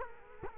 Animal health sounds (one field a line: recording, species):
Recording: mosquito wingbeat signal from an infrared sensor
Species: Culex quinquefasciatus